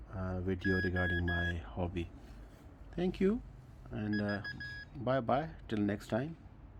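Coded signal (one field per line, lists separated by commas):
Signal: Morse code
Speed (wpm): 15 wpm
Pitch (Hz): 1650 Hz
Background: speech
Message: O V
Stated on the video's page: Morse tutor device, Datong D70 made in England.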